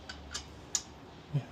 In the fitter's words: Once they sit and they're flush with the threads, you hear a little click.